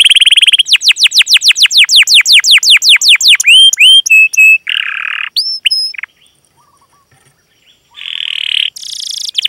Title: PANCINGAN Kenari GACOR PANJANG. Pancingan Gacor Full Isian